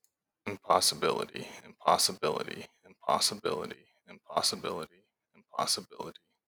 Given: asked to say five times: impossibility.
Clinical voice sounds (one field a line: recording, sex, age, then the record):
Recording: repeated word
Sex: male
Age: 30 to 39 years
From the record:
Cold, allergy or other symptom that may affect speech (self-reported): no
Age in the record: 31 years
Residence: Nebraska, United States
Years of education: 12